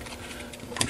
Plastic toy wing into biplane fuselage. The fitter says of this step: it in until it snaps there we go